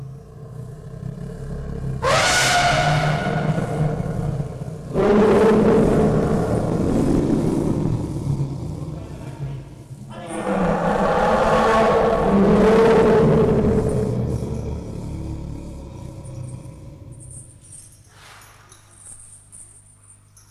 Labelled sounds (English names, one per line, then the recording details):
Asian Elephant
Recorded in captivity
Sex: group
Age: diverse
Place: Zoo Berlin, Berlin, DE
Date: 1958-12-31 13:30
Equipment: Reporter (Vollspur)
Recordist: Tembrock, Günter